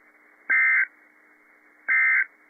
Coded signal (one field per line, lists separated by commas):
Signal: Emergency Alert System (SAME) tones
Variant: end-of-message bursts